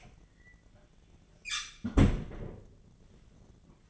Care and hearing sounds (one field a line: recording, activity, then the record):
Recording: daily activity, microphone in the room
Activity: close fridge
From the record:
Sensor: 4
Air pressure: 1010.6 hPa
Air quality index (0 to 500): 177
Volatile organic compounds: 5 ppm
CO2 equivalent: 1795 ppm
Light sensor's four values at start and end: 29/86/34/35 and 35/101/40/40